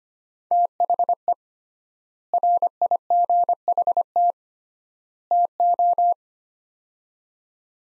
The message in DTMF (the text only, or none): none